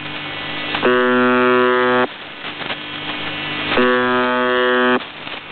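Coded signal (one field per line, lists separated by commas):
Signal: channel marker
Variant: UVB-76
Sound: two harsh low buzzes about 1.2 seconds each, separated by static hiss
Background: radio static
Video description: The Buzzer sends this interrupted buzzing signal pretty much 24 hours a day, occasionally stopping the buzz to include voice messages.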